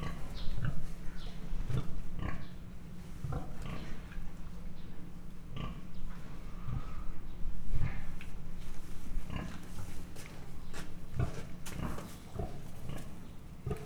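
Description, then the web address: Mangalica pig making deep, short grunts and snorts in an uneven series, with rustling and a steady low hum. Standard Mangalica pig, captive in a zoo at Miskolc, recorded in 2009, grunting and snorting. "miskolcizoo 2009 standardt mangalica rofoges horkantas"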